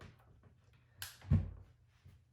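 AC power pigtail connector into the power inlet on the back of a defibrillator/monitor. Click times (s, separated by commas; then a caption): 1.0 s. An AC power pigtail connector is plugged into the power inlet on the back of a ZOLL X Series defibrillator/monitor and clicks into place at 1.0 s with a sharp, bright snap. A heavier low thud follows at about 1.3 s, and the connector is seated.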